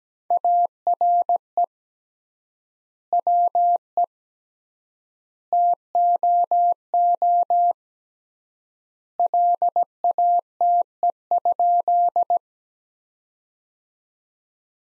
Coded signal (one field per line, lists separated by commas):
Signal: Morse code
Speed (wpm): 17 wpm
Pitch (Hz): 700 Hz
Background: none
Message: ARE WE TOO LATE?